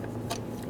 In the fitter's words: it in, give it a nice little click, and then of course, make sure that it's completely secured.